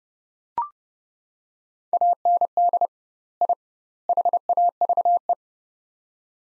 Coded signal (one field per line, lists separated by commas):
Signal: Morse code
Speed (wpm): 30 wpm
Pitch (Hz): 700 Hz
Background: none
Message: AND I HAVE